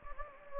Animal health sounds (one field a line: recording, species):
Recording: mosquito wingbeat signal from an infrared sensor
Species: Anopheles gambiae